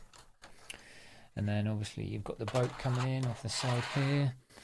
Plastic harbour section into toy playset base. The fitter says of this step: click into place and then is nice and stable